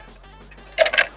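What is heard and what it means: An eFOLDi Explorer folding mobility scooter's battery pack is pushed home into its battery compartment, making a sharp double click at 0.8 s and 0.9 s after a quiet stretch with a faint low hum. The pack is seated and locked into place.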